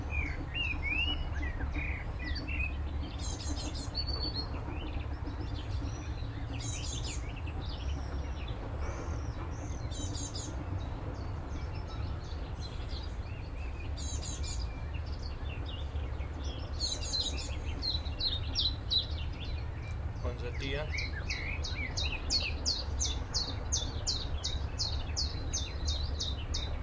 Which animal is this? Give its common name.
Willow Warbler